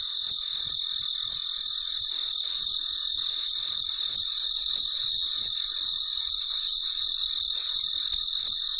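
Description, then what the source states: Cricket chirping with regular bright pulses around three a second, backed by an unbroken high insect drone. Recorded late at night; very quiet surroundings.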